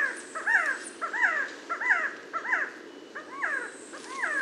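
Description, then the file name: Resplendent quetzal giving a series of harsh falling calls in quick succession, with a short gap near the middle. "Resplendent Quetzal Pharomachrus mocinno"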